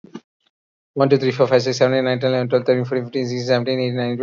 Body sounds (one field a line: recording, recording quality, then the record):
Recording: counting at a fast pace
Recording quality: excellent, no background noise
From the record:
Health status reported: healthy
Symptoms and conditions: hypertension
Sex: male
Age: 43 years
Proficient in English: yes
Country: India